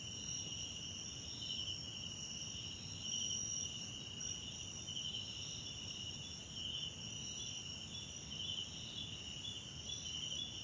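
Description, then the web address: Shrill cricket chorus holding a steady tone, with brighter pulsed chirps recurring roughly every two seconds and a gentle low rumble beneath. Background crickets at night in a wetland park at Kosi Forest Lodge, South Africa. "Tonschliff - SOUTH AFRICAN CRICKETS BG South Africa Wetland Park Kosi Forest Lodge Night"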